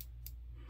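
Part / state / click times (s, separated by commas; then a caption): adjustment dial detent on an adjustable safety razor / seated / 0.0 s, 0.3 s. The metal adjustment dial of a vintage adjustable safety razor is turned over to setting 9 after its detent pin was freed with tweezers, giving two sharp clicks at 0.0 s and 0.3 s over a steady low hum. The dial detent seats into the setting.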